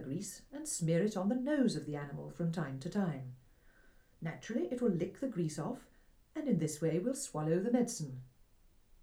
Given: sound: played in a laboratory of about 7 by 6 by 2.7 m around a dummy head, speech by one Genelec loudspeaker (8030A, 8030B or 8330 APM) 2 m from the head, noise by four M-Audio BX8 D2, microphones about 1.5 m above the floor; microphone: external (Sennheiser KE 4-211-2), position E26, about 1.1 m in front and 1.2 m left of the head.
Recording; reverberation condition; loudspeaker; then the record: female speech in English; low; in front (0 degrees)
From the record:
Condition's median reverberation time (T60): about 310 ms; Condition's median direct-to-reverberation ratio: about 3.5 dB